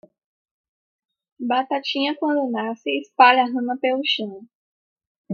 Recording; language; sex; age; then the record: short text; Brazilian Portuguese; female; 20 to 29 years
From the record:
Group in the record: control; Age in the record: 21 years